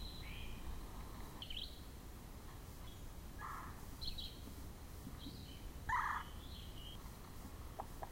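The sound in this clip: Red-bellied woodpecker giving a few short, rolling churr calls over steady background noise.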